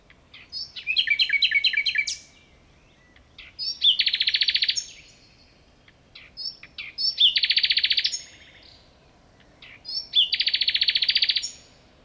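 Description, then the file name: Common nightingale singing loud, rapid churring trills in bursts about every three seconds, with whistled notes opening each phrase. "Luscinia megarhynchos"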